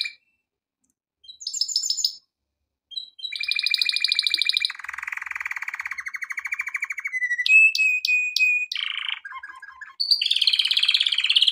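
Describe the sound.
Canary song with short chirps, then sustained rapid trills changing pitch section by section, clear whistled notes, a lower tour and a final high trill.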